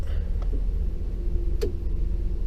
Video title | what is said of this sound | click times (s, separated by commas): Installing a parking pawl in a 4l85E. | you can hear it engage | 1.6 s